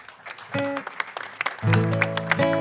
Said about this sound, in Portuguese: Foi ela que preparou isto tudo, e para ela uma salva de palmas também.